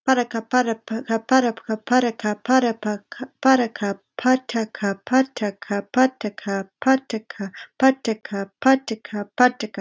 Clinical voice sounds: repeated syllables /pa ta ka/; female; 20 to 29 years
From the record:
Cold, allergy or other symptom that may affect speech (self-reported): no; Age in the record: 25 years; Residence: Massachusetts, United States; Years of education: 17

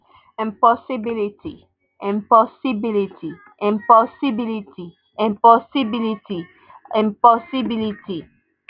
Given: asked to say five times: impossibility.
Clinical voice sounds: repeated word; female; 30 to 39 years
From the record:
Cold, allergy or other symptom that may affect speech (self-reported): no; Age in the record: 33 years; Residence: Maryland, United States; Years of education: 17

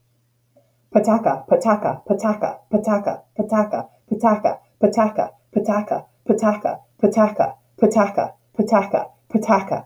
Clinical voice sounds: repeated syllables /pa ta ka/; female; 30 to 39 years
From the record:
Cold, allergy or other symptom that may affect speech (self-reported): yes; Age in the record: 38 years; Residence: Maine, United States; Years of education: 22

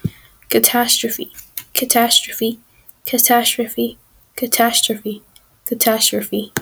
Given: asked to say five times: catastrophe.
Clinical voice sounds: repeated word; female; 40 to 49 years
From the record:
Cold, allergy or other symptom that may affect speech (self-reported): no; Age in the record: 45 years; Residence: North Carolina, United States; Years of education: 19

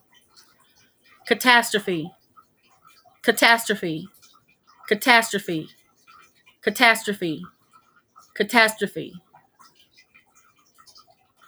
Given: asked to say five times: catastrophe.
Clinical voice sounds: repeated word; female; 40 to 49 years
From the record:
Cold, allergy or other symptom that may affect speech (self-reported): no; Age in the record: 47 years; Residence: Missouri, United States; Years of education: 16

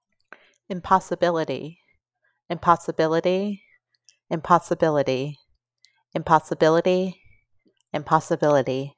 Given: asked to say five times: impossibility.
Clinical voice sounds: repeated word; female; 30 to 39 years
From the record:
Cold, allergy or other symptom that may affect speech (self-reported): no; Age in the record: 35 years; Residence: Ohio, United States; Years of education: 16

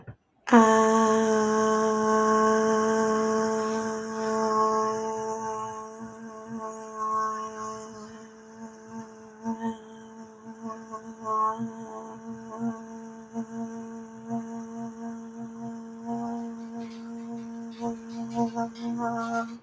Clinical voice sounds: vowel held as long as possible; female; 20 to 29 years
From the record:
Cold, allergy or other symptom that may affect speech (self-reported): no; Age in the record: 21 years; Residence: Michigan, United States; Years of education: 15

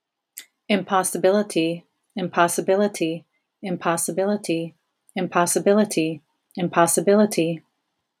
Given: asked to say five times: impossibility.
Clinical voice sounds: repeated word; female; 50 to 59 years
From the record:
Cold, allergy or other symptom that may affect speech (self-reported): no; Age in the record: 50 years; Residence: Ohio, United States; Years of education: 14

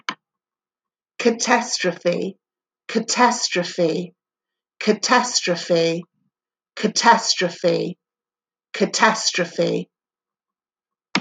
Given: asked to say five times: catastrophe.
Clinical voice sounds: repeated word; female; 40 to 49 years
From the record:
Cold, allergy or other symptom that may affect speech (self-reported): no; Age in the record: 45 years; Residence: Florida, United States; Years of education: 13

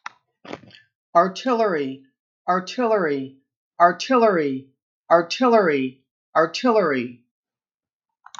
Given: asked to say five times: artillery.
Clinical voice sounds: repeated word; female; 50 to 59 years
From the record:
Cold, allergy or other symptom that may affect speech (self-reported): no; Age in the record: 57 years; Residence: California, United States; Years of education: 14

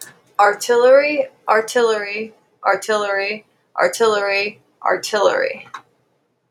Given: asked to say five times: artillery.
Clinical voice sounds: repeated word; female; 30 to 39 years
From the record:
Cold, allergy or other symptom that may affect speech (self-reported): no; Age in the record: 33 years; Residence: Pennsylvania, United States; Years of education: 16

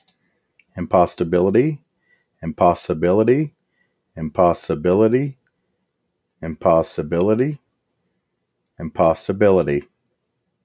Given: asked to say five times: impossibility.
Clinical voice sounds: repeated word; male; 40 to 49 years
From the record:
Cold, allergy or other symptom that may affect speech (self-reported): no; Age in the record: 43 years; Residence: Nebraska, United States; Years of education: 13

